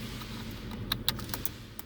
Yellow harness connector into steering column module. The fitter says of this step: again it clicks in place it